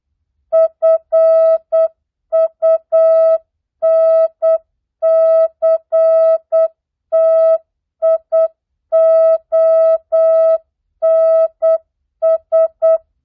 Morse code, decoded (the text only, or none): FUNCTIONS